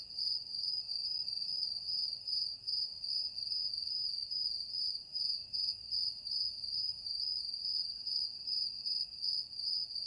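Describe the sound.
Cricket chirping: a high, shrill trill broken into rapid regular pulses, about two and a half per second, continuing without pause throughout.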